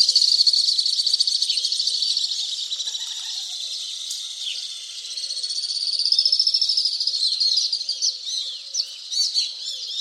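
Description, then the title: Alpine swift chattering trills, loud overlapping high pulsed calls that ebb and surge, ending in short sharp bursts. "Le chant du martinet à ventre blanc"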